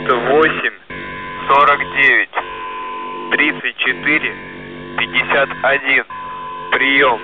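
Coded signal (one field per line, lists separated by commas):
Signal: coded military voice message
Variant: The Goose, Russian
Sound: russian voice reading numbers forty-nine, thirty-four, fifty-one, then 'priyom', over steady droning tones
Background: radio static, background tones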